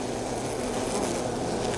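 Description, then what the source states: Bee buzzing, a constant swarming drone of many insects with slight rises and falls in loudness. Hive exterior landing zone, very close, stereo.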